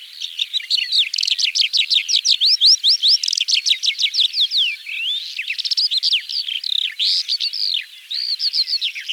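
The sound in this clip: Calandra lark song of rapid, varied, whistled and slurred notes, many quick upward and downward sweeps delivered in a fast stream with a few brief pauses.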